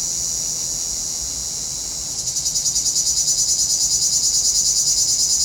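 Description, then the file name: Cicada song: a smooth high hiss for two seconds, then a sharp throbbing buzz kicks in, pulsing around three times per second and growing louder. Cicadas in a pinewood. "Relaxing Music Therapy - Sounds from a Pinewood Cicadas"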